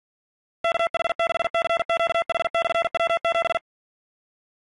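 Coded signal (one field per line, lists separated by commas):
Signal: Morse code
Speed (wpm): 48 wpm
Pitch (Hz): 670 Hz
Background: none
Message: KH6CQH/W7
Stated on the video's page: Morse from RufzXP callsign copying practice, a 15,359-point run.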